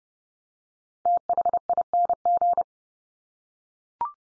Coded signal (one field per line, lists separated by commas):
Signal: Morse code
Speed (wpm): 30 wpm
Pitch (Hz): 700 Hz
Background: none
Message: THING